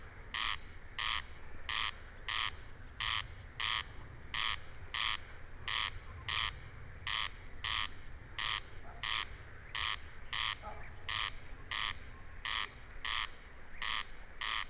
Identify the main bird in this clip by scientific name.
Crex crex